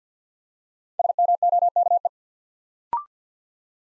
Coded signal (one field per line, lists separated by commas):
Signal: Morse code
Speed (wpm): 50 wpm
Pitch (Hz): 700 Hz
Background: none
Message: SMOKE